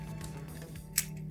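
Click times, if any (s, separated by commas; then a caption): 1.0 s. A second plastic toy missile launcher is popped into its armor mount, and a sharp click at 1.0 s shows it seating in place. Beneath it runs a steady low hum, and someone talks.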